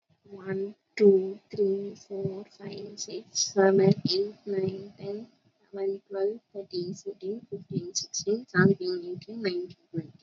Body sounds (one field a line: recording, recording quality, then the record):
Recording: counting at a normal pace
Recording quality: moderate, slight background noise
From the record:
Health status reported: healthy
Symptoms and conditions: cough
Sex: female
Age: 32 years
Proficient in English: yes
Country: India